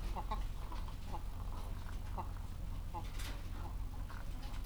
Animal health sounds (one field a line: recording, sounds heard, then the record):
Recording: poultry house recording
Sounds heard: sick chickens (respiratory disease)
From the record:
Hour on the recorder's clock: 14